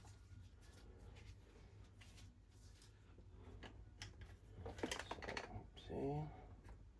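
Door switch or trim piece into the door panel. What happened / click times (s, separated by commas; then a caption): The plastic trim piece is handled but not yet seated / none. A plastic door switch or trim piece is handled while being reinstalled into the door panel of a 2020-2023 Nissan Sentra. Low hum, rustling and brief handling taps are heard, and someone talks. The piece has not seated or clicked into place yet.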